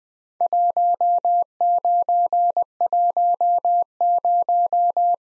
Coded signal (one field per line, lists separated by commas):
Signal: Morse code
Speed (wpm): 21 wpm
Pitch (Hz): 700 Hz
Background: none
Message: 1910